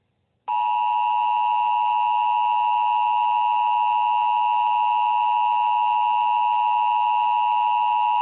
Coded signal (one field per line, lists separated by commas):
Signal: Emergency Alert System (SAME) tones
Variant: 853 and 960 Hz attention tone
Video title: EAS For All Culver Clan Watch Now!!!!!!!!